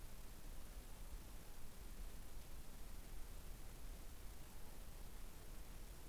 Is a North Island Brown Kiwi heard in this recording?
no